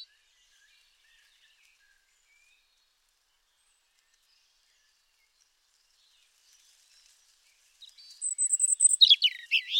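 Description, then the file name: European robin: a quick cluster of high, sharp, thin notes at the end after a long quiet stretch. "Erithacus rubecula"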